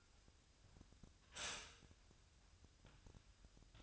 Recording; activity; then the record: daily activity, microphone in the room; stop toaster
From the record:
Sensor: 2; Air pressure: 1001.8 hPa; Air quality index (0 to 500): 244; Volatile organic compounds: 36 ppm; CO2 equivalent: 3081 ppm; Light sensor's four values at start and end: 10/31/12/12 and 10/31/12/12